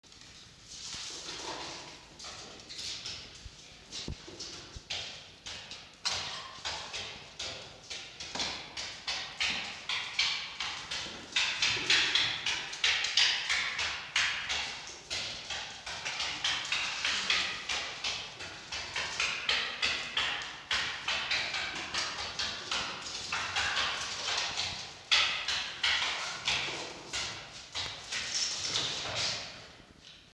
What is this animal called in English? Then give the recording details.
Red Fox. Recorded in captivity. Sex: male. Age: adult. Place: Zoologisches Institut der HUB, Berlin, DE. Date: 1953-02-09 19:10. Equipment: Elmetra. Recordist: Tembrock, Günter. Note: Fritz (gegen Mucki): stimmloses Keckern